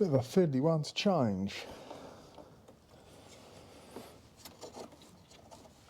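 Someone talks briefly at the start while the last fuel pipe's quick-release connector is handled at the new inline fuel filter's spigot on a 2005 Skoda Fabia 1.2 petrol. Quiet rubbing and handling noises follow, with small sharp sounds near 2.7 and 4.5 seconds. Nothing has seated or clicked yet.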